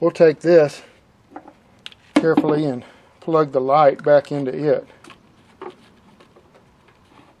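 A vehicle's tail light plug is being handled and lined up with the new trailer-wiring T-connector (plastic housings) on a 2007–2015 Jeep Wrangler during a trailer hitch install. Someone talks, with a few small, faint handling sounds between phrases. Nothing has seated or clicked yet.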